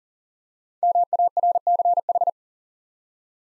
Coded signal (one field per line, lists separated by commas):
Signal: Morse code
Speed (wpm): 38 wpm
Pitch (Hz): 700 Hz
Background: none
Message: MARCH